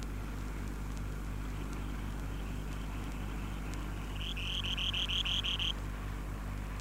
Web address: tryngites subruficollis